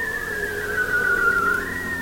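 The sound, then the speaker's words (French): A bearded seal's underwater song, heard through the ice: one long, eerie tone that slowly slides downward and then rises again, steady and fairly loud, with no voices. “On peut les percevoir à plus de 30 km et même lorsque vous êtes sur un bateau ou sur la banquise, vous entendez à travers la glace le chant envoûtant des phoques barbus.”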